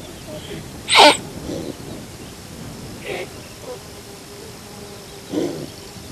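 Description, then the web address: Thomson's gazelle letting out one loud, explosive snort near the start, followed by a few much fainter puffs. "earth naturelibrary assets t th thomsons gazelle"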